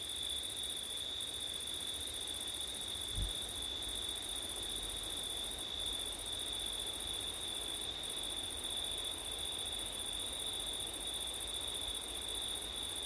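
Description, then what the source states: Cricket chorus trilling steadily, the upper band pausing briefly several times, with wind hiss and a single soft low thump early on. Crickets on a windy September night; ORTF stereo.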